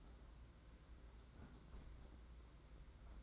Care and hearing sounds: daily activity, microphone in the room; close fridge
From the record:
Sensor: 3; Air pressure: 991.8 hPa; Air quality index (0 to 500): 216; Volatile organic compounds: 1000 ppm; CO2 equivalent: 7379 ppm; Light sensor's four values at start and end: 33/99/40/34 and 33/99/40/34

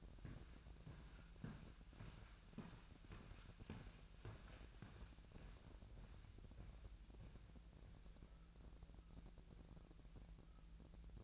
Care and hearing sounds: daily activity, microphone in the room; walk to room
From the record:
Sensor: 2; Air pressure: 1012.1 hPa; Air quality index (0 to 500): 142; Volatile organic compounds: 2 ppm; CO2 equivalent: 1034 ppm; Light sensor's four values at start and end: 86/206/85/84 and 88/210/86/85

